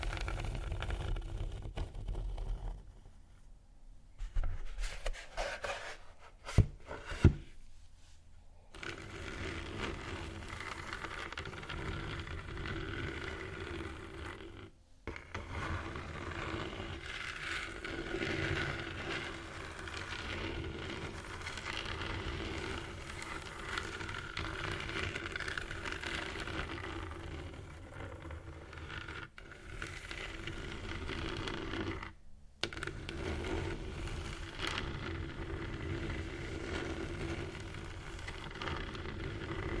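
Rough scratching fills nearly the whole clip, a dense, grainy scraping with a steady low rumble underneath. Near the start it breaks off, with a few sharp clicks around six to eight seconds. Brief silent gaps cut in near fifteen, twenty-nine and thirty-two seconds.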